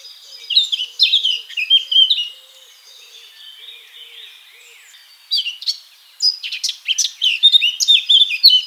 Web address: SETE Sylvia atricapilla